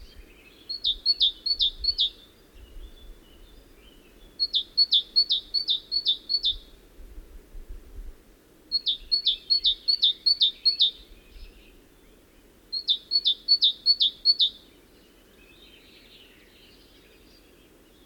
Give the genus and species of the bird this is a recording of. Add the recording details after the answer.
Parus major. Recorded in the wild. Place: Ciucurova, Dobrogea, RO. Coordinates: 44.933, 28.483. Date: 1976-05-29. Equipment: Nagra III BH, Sennheiser MD 21, parabola. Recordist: Schubert, Michael. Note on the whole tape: Gesang Kohlmeise